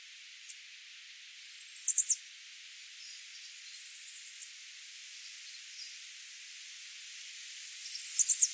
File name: Setophaga pensylvanica - Chestnut-sided Warbler